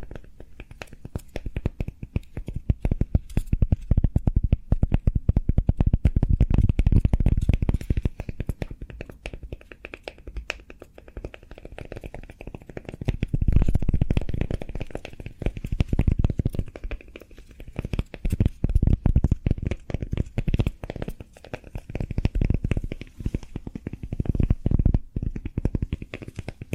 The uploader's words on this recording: ASMR Cork Triggers. (No Talking).